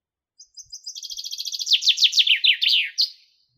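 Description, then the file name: Common chaffinch song: thin opening notes build into a rattling, descending series of bright notes, finishing with a short flourish. "Fringilla coelebs"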